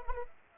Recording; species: mosquito wingbeat signal from an infrared sensor; Anopheles arabiensis